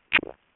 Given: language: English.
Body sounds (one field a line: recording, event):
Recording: throat vibration sensor signal played as sound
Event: swallow